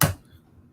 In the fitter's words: there we go something is clicked into place hope that wasn't a wire breaking